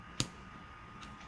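A screwdriver fitted into a float bowl screw on a motorcycle's metal carburetor body is turned to undo it. A single sharp crack is heard at 0.2 s as the tight screw breaks free, released from the torque that held the bowl screws. Only faint low background noise follows.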